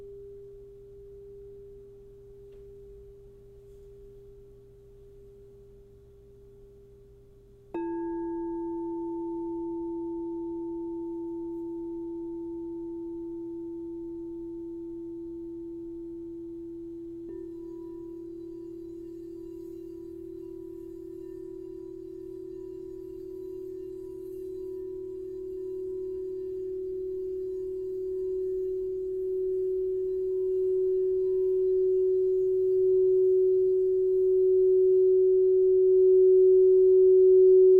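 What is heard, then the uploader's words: A crystal singing bowl sounds a pure, steady tone for about eight seconds, then is struck into a new, lower note with a faint higher ring above it. The new tone sustains smoothly, dipping slightly before gradually swelling louder toward the end, with a soft low hum underneath. I was guided to record 7 crystal singing bowl clips.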